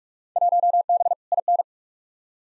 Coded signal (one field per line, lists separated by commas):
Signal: Morse code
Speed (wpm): 41 wpm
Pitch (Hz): 700 Hz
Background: none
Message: 1B IN